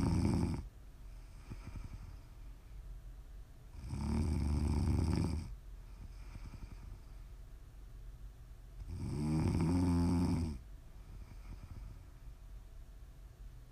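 Two loud, low, rumbling snores with a buzzy fluttering quality, each lasting about one and a half seconds, come about five seconds apart, roughly 12 breaths a minute. Quiet room hiss fills the gaps. Ordinary sleep snoring.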